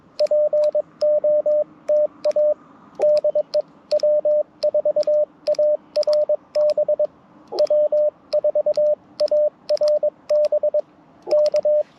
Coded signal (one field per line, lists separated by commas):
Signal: Morse code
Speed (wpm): 22 wpm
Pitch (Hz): 600 Hz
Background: radio noise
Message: POTA DE W4ARB W4ARB K